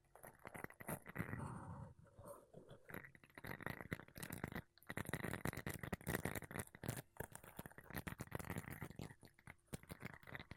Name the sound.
Mic Brushing Using Makeup Brushes and Sponge